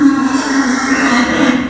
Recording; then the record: squeal of a Yucatan mini pig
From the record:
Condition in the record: after surgery on the right vocal fold (resection and tissue-engineered implant); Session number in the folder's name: 4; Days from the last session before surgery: 26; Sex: female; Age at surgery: 19 weeks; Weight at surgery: 25 kg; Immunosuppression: prednisolone